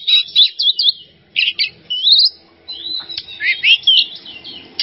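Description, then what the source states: Oriental magpie-robin giving short bursts of sweet whistles and chirpy phrases separated by brief pauses, including a rising slurred whistle and a quick twittering run. Masteran training recording for songbirds, kacer singing 'bongkar isian emosi' style: fired-up, showing off its full repertoire of fill-in phrases.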